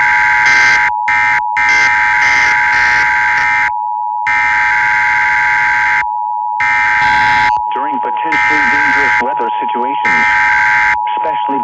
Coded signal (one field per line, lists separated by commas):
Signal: Emergency Alert System (SAME) tones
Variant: header bursts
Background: speech